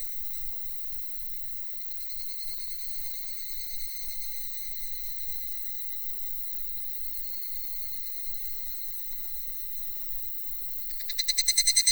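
Cicada call, a steady high drone that turns abruptly into loud rapid pulses during the last second.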